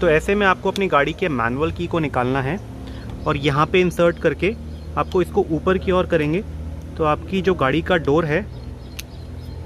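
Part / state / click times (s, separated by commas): child safety lock knob in a car rear door / seated / 9.0 s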